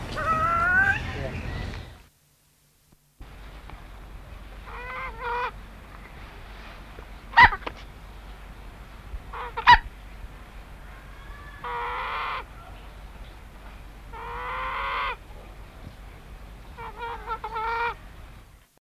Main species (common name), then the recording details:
Chukar. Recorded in captivity. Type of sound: call. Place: Vogelpark Walsrode, Niedersachsen, DE. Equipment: Halbspur, 9,5 cm/s. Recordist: Lütgens, Hans. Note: Rufe